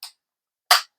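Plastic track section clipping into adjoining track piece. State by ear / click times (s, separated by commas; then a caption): seated / 0.7 s. A new plastic slot car track section, its clips bent up slightly with a butter knife, is pushed into the next track piece. A faint tick at 0.0 s is followed by a loud, firm click at 0.7 s as the clips snap together. The joint is seated tight.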